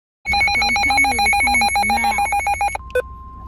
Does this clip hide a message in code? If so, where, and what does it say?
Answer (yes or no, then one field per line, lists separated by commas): no